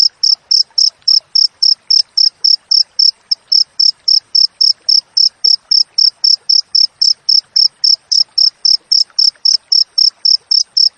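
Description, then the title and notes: Steady high-pitched cricket chirps, regular pulses roughly four each second throughout, with light background crackle. Clear, natural cricket chirping with close, tight spacing between chirps, used as training audio for songbirds and for repelling rats. "Masteran Jangkrik Alam Jernih, Jeda Rapat Cocok Untuk Masteran Burung Dan Mengusir Tikus. suara jangkrik"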